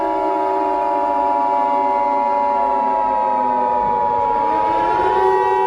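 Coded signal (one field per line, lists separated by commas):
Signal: Emergency Alert System (SAME) tones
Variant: 853 and 960 Hz attention tone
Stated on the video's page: Fictional EAS scenario that uses valid EAS tones.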